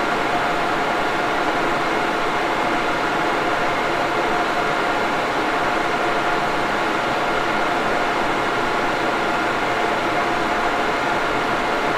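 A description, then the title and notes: Machines hum steadily beneath the even whoosh of cooling fans, a dense, unchanging wash with a faint tonal whine running throughout. Relaxing Ambience of a Server Room. Humming machines, and the gentle whoosh of cooling fans.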